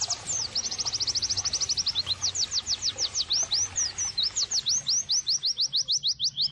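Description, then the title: White-eye song: a rapid series of high, thin downslurred notes, shifting in speed and pitch. Vigorously singing ('gacor') white-eye, offered as bird-training (masteran) and therapy audio. "terapi pleci dextro 87"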